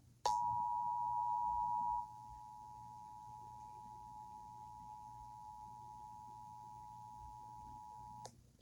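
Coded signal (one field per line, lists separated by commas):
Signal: Emergency Alert System (SAME) tones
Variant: 853 and 960 Hz attention tone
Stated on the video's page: EAS test activation carried on Comcast cable.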